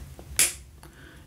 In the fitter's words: it's actually it locks quite well into place so this cap is not going anywhere by itself